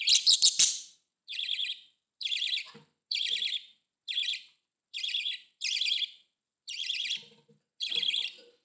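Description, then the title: Budgerigar calls: a loud scratchy opening burst followed by evenly spaced buzzy chirps, roughly one each second. "Budgie Sounds"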